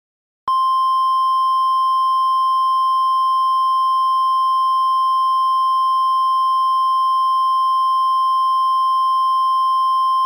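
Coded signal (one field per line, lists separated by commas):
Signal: Emergency Alert System (SAME) tones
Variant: 1050 Hz attention tone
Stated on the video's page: Fictional EAS scenario.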